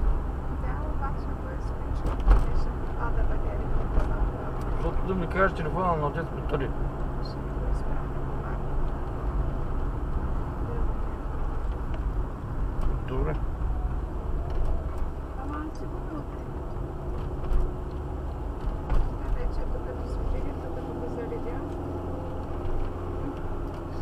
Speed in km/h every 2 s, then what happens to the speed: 36, 35, 49, 47, 45, 42, 33, 31, 24, 18, 20, 25.
2-4 speeds up to 49. 5-17 slows to 18. 17-24 steady at about 20.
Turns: 11-18.